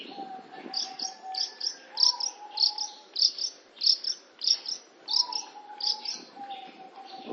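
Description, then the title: Long-tailed shrike song: bright high notes repeated at a steady pace, somewhat under two per second, over a soft, drawn-out lower whistle. "Cendet Pentet"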